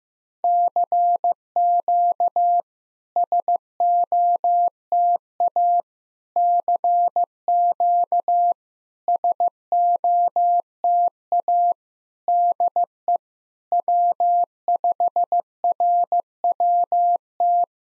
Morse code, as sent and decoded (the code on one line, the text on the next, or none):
-.-. --.- / ... --- - .- / -.-. --.- / ... --- - .- / -.. . / .-- ..... .-. .-- -
CQ SOTA CQ SOTA DE W5RWT